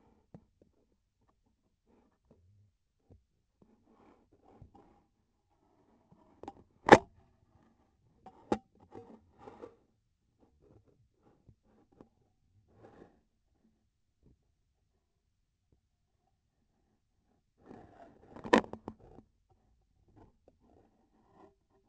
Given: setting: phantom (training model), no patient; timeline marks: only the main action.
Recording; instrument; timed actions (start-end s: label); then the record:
laparoscopic instrument, vibration sensor on the handle end; scissors
6.81-7.10 s: cutting PTFE tape
From the record:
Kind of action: gesture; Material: PTFE tape